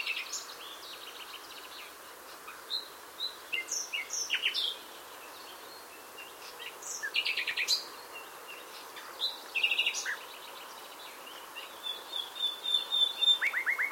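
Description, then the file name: Common nightingale singing in short, varied bursts of high chirps, whistles and dry rattles with pauses between phrases, over a steady hiss of background noise. "Luscinia megarhynchos"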